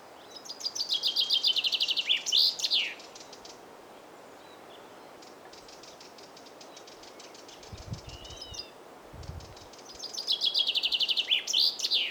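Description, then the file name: Common chaffinch song, a fast descending trill of bright notes ending in a flourish, heard twice at start and end, with faint short calls between and low thumps. "Fringilla coelebs"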